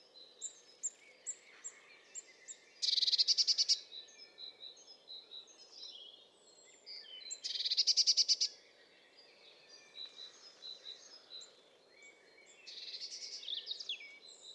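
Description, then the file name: Eurasian blue tit giving two loud, harsh, buzzy churring bursts about five seconds apart and a weaker one near the end, with scattered high thin chirps throughout. "Cyanistes caeruleus"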